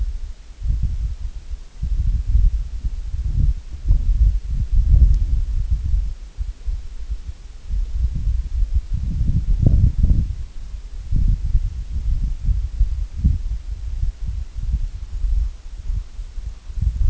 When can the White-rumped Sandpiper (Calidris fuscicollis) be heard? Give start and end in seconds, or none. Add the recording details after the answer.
14.49-17.07. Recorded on Arctic tundra, site IGLO-A, on 25 June 2018. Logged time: 01:59